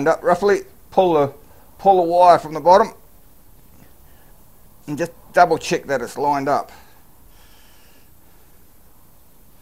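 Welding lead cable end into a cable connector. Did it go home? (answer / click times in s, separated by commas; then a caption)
no / none. A welding lead cable end is being lined up with a cable connector before it is pushed home, and the alignment is checked and found to be on the wrong side. Someone talks in two bursts, from about 0.0 to 2.9 s and from about 4.9 to 6.6 s, with quiet handling gaps between and after. Nothing has seated or clicked yet.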